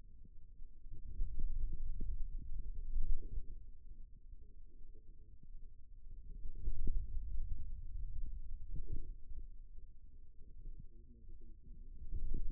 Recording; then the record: forearm muscle sounds (acoustic myography)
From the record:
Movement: pen grasping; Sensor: system 2, bracelet of six BSWA MPA416 microphones around the upper forearm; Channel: 4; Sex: male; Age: 22 years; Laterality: right